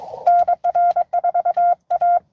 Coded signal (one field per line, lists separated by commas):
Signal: Morse code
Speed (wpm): 23 wpm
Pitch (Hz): 700 Hz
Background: none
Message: NR4A